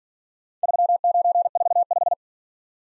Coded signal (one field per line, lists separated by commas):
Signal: Morse code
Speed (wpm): 49 wpm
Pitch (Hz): 700 Hz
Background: none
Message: 3945